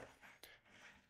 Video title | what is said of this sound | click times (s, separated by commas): Thermaltake MAGFloe 360 Ultra ARGB Sync - Installation Guide | And once you've got everything lined up, push and it's going to lock into place. | 0.4 s